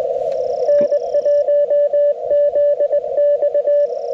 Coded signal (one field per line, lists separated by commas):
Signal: Morse code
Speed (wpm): 21 wpm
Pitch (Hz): 590 Hz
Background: none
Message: N1ZX